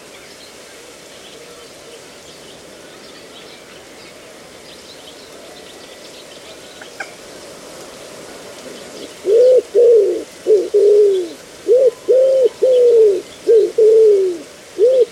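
Recorded in a reedbed at Slapton Ley in Devon, a soft, steady low murmur fills the first half with faint scattered chirps above it. From about nine seconds a series of loud, rounded cooing calls arrives in quick bursts, repeating until the end.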